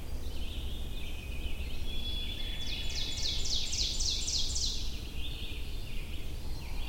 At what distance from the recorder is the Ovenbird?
about 45 m